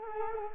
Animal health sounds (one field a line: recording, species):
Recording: mosquito wingbeat signal from an infrared sensor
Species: Culex quinquefasciatus